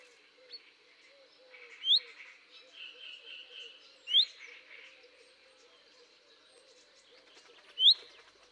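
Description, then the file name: Common chaffinch giving three short, clear, upslurred whistled calls spaced about two to four seconds apart, over soft background chirping and a steady high hum. "Fringilla coelebs"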